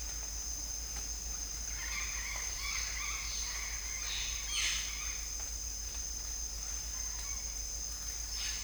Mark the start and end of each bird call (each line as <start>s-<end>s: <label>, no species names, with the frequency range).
1.77s-5.19s: bird call (0.4-5.9 kHz)
6.92s-7.49s: bird call (0.3-3.4 kHz)